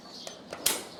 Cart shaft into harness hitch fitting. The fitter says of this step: And if you don't hear that click, then your horse is not hitched.